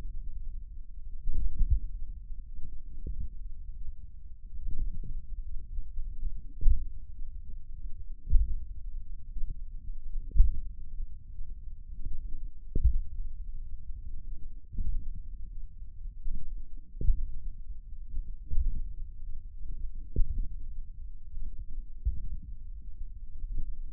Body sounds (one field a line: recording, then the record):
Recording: forearm muscle sounds (acoustic myography)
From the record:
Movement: tripod grip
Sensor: system 1, eight BSWA MPA416 microphones around the upper forearm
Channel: 8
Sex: male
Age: 28 years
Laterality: right